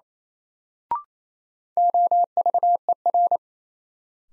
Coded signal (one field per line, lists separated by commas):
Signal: Morse code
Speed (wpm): 28 wpm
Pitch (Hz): 700 Hz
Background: none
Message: OVER